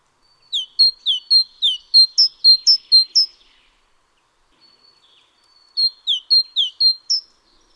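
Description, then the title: Great tit song: bright two-note phrases, a level high note dropping into a lower slurred one, repeated rapidly in a three-second bout, a pause, then a second bout. Nominate subspecies Parus major major. "G3latik b4t0. Great Tit (Parus major major)"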